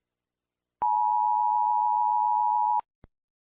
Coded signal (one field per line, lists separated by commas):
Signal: Emergency Alert System (SAME) tones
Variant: 853 and 960 Hz attention tone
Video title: EAS Scenario - "Kitten Pox"